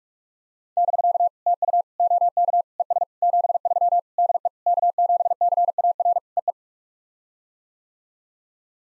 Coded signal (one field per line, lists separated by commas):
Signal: Morse code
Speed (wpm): 44 wpm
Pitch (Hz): 700 Hz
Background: none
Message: <BK> TU OK ES 73 DE K7CAR EE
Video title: POTA QSO Practice - 45wpm